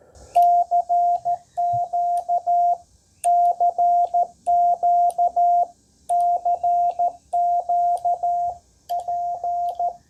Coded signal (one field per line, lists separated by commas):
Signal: Morse code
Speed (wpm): 13 wpm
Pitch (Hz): 700 Hz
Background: radio noise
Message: CQ CQ CQ P